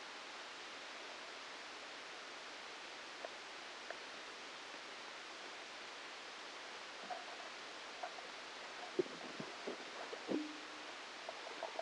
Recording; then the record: brain microelectrode recording played as sound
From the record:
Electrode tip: outside the subthalamic nucleus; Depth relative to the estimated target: 2 mm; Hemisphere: left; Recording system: NeuroSet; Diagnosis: Parkinson's disease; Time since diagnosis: 8 years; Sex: male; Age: 37 years